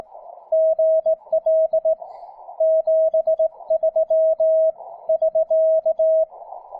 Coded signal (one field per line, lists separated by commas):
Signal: Morse code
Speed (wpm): 17 wpm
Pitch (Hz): 640 Hz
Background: radio noise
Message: GL 73 <SK>